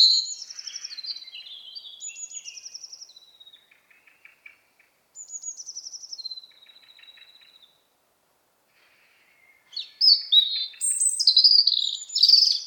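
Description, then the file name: European robin song: thin, high warbled phrases with sliding whistles and fine trills, broken by pauses, ending in a louder tumbling burst. "Erithacus rubecula"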